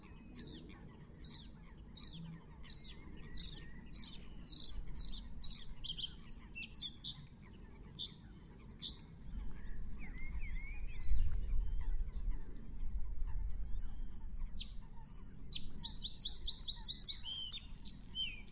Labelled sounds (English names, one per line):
Bluethroat song